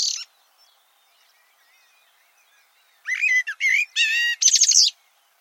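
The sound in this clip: Bird gives a short chirp, then after a pause a two-second run of harmonic whistled notes ending in a high, rapid trill.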